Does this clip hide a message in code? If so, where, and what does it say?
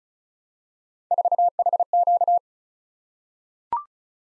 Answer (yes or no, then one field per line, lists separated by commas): yes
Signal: Morse code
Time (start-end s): 1.1-2.4 s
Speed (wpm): 36 wpm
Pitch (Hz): 700 Hz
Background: none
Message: 4HQ